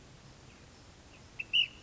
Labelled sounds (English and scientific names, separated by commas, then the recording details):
Ash-throated Flycatcher (Myiarchus cinerascens)
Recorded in Sonoma County, California